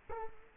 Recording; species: mosquito wingbeat signal from an infrared sensor; Culex quinquefasciatus